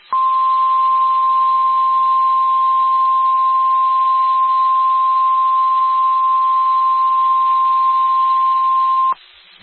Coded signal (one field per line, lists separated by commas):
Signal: Emergency Alert System (SAME) tones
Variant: 1050 Hz attention tone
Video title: Severe Thunderstorm Warning (EAS 243)